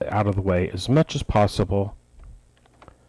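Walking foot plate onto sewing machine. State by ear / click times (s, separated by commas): seated / 2.8 s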